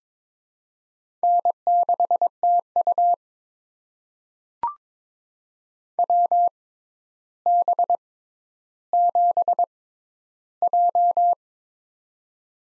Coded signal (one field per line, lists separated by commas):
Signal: Morse code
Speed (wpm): 22 wpm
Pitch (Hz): 700 Hz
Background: none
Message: N6TU WB7J